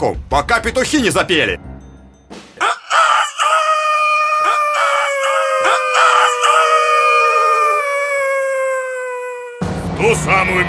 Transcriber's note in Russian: петушиный крик